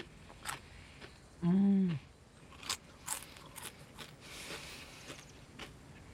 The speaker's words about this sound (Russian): Она достает из сумки на пассажирском сиденье открытый пакетик картофельных чипсов. Она опускает в него руку, оглядываясь по сторонам, затем ест чипсы. Она жует и улыбается.